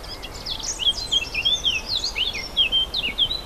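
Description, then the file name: Warbler song: a fast, jumbled warble of squeaky and slurred high notes delivered without a break, with light background hiss. Warblers recorded 4 May 2011 on an MZ-N710 recorder. "fauvettes 4 05 11"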